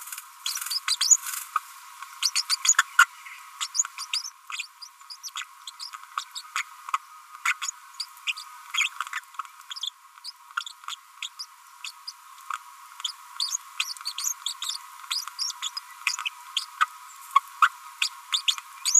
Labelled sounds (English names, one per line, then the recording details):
Green-rumped Parrotlet babbling
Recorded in a nest box in Venezuela
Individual 18B25A5